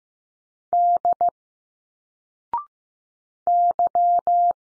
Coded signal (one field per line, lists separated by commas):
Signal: Morse code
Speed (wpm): 15 wpm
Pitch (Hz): 700 Hz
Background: none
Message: D Y